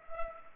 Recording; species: mosquito wingbeat signal from an infrared sensor; Culex pipiens